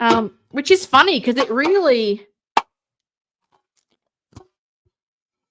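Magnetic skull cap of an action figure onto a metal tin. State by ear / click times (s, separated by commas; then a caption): seated / 2.6 s. Someone talks, then the small magnetic skull cap from a sixth-scale action figure is brought to a metal tin and snaps onto it with a sharp, loud hit at 2.6 s. The strong little magnet latches firmly onto the tin, and a few faint soft ticks follow around 4.4 s.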